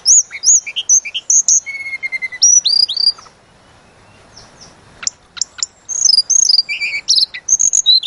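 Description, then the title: Sunda robin song: bursts of sharp high chirps and thin whistles, a brief lower trill, a pause of about two seconds, then more rapid chirping. Used to train cage birds. "Masteran Tledekan Gunung Sikatan Gunung"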